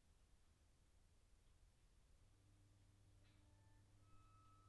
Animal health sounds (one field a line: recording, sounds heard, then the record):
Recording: poultry house recording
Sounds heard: no chicken sound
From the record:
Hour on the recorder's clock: 20